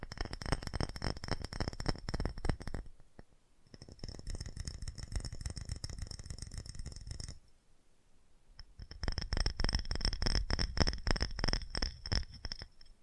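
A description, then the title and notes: Fast tapping comes in dense, rapid bursts, each tap a sharp click with a bright ringing edge. Three runs are heard: from the start to about 3 seconds, from about 4 to 7 seconds, and from about 9 seconds to the end, separated by near silence. FAST TAPPING (No Talking).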